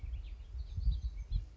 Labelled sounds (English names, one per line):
House Finch